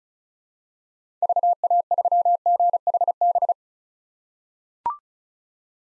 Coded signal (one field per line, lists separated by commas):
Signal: Morse code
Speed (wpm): 36 wpm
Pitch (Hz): 700 Hz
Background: none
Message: VA3GHB